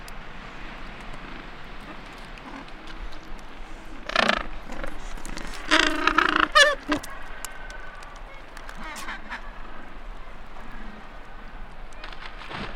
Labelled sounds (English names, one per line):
Gentoo Penguin call